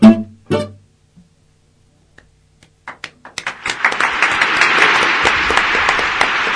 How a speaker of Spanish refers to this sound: Vienen tardes los aplausos acá, con la lluvia, por la lluvia.